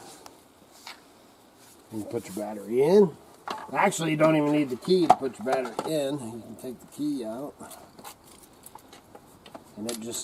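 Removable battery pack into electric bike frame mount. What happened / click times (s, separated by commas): The battery pack is handled and lined up without seating yet / none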